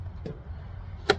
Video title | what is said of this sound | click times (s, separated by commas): MILWAUKEE M-18 VACUUM FILTER GASKET,IS IT NEEDED, YES OR NO? | You hear that shit click in? Spring loaded. | 1.1 s